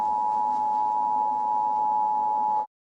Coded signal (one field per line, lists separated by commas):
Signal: Emergency Alert System (SAME) tones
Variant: 853 and 960 Hz attention tone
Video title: A Monster returns EAS scenario ￼